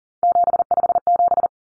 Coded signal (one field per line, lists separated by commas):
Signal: Morse code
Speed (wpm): 40 wpm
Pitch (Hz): 700 Hz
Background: none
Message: 757